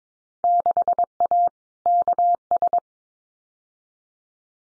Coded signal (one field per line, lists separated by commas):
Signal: Morse code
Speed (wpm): 22 wpm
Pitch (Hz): 700 Hz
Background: none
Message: 6A KS